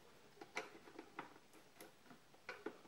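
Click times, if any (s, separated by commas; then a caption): none. While one side is held, the other side of a plastic Minitel case shell is pressed toward its clip fastening in the base. Short clicks and ticks from handling sound at about 0.6, 1.2 and 2.5 seconds. The part has not seated or clicked home yet.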